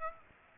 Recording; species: mosquito wingbeat signal from an infrared sensor; Aedes aegypti